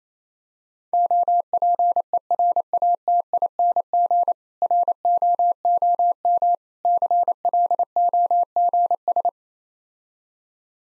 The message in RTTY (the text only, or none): none